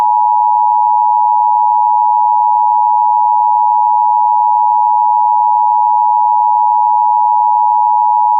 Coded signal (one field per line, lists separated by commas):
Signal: Emergency Alert System (SAME) tones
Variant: 853 and 960 Hz attention tone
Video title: EAS Required Monthly Test (Feb. 2008)